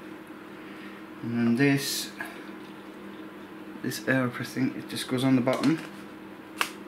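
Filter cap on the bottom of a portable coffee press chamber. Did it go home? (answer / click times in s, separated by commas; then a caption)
yes / 6.6 s. A plastic filter cap is put on the bottom of a portable coffee press chamber and twisted while someone talks. A sharp click at 6.6 s marks the cap locking into place on the chamber.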